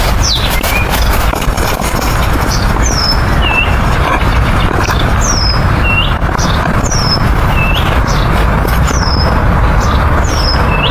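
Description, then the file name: Nightingale song: clear downslurred whistles, high and lower, repeated many times over a steady low roar of road traffic. Recorded by a bridge across Meretskova. "Solovej u mosta cherez Mereckova"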